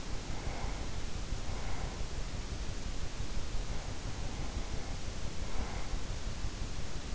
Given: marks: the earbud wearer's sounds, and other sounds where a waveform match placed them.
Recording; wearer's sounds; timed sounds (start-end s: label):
sounds in sleep by an in-ear microphone; breath
0.00-2.20 s: breath
3.57-6.04 s: breath